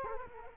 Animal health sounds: mosquito wingbeat signal from an infrared sensor; Culex quinquefasciatus

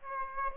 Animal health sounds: mosquito wingbeat signal from an infrared sensor; Aedes aegypti

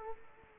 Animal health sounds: mosquito wingbeat signal from an infrared sensor; Culex quinquefasciatus

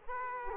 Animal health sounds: mosquito wingbeat signal from an infrared sensor; Culex quinquefasciatus

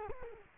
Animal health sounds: mosquito wingbeat signal from an infrared sensor; Culex quinquefasciatus

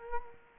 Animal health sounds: mosquito wingbeat signal from an infrared sensor; Culex quinquefasciatus

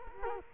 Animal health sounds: mosquito wingbeat signal from an infrared sensor; Culex quinquefasciatus

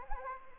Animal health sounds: mosquito wingbeat signal from an infrared sensor; Anopheles arabiensis

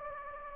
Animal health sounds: mosquito wingbeat signal from an infrared sensor; Anopheles gambiae

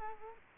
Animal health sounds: mosquito wingbeat signal from an infrared sensor; Culex quinquefasciatus

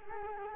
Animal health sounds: mosquito wingbeat signal from an infrared sensor; Culex quinquefasciatus

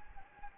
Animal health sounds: mosquito wingbeat signal from an infrared sensor; Anopheles gambiae

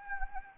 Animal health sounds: mosquito wingbeat signal from an infrared sensor; Anopheles gambiae

